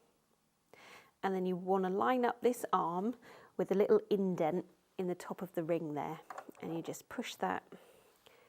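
A threaded bobbin case is handled at the front-loading hook race of a Janome J3-20 sewing machine, its arm lined up with the little indent at the top of the ring before being pushed in. Someone talks throughout. The case has not yet clicked or seated into place by the end of the clip.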